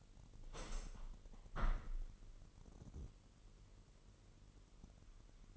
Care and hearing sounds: daily activity, microphone in the room; open window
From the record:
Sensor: 4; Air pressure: 999.0 hPa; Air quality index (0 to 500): 126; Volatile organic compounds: 2 ppm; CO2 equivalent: 1239 ppm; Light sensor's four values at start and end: 8/19/7/8 and 8/19/7/8

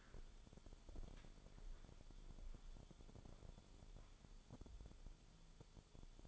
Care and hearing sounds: daily activity, microphone in the room; walk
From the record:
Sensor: 5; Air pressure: 1015.4 hPa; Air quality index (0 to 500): 177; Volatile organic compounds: 6 ppm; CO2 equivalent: 1922 ppm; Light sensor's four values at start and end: 39/89/36/36 and 39/89/36/35

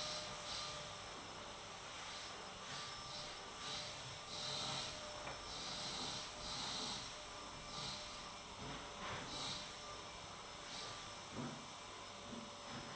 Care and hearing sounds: daily activity, microphone in the room; vacuum cleaning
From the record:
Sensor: 3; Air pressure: 1000.1 hPa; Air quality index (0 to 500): 136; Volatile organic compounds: 2 ppm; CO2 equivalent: 1210 ppm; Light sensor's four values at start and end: 40/102/43/47 and 40/102/43/47

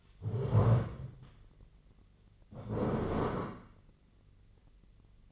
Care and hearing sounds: daily activity, microphone in the room; stand up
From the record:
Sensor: 4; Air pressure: 1013.0 hPa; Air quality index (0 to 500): 175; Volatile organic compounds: 2 ppm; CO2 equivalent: 1107 ppm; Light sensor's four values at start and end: 51/125/53/57 and 51/125/53/56

